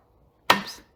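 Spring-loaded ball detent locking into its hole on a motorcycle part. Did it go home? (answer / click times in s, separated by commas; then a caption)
yes / 0.5 s. On a worn Kawasaki KT250 motorcycle part, a spring-loaded ball detent with a replaced spring and ball (the old spring was broken) is pulled to take up the wear. After near silence, a single loud, sharp metallic hit at 0.5 s fades out over about a third of a second, as the ball locks into its hole.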